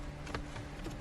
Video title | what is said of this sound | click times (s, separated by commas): 2013-2019 Nissan Sentra - Airbag Control Module Replacement | kind of snaps into place and with the e-brakes still up a little bit | 0.4 s